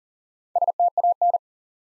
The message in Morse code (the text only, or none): STAN